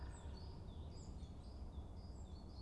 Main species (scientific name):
Parus major